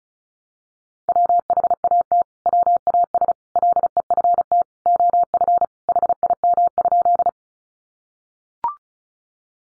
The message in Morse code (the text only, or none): WHAT WAS LEFT OF HIM?